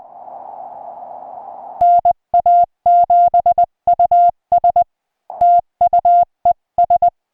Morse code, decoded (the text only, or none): NA7US TU ES